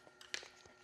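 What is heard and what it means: A plastic tool-hanger clip is pushed onto a wall-mounted rail track, with a faint tap at 0.2 s before a sharp, bright snap at 0.3 s. The clip snaps into place on the rail.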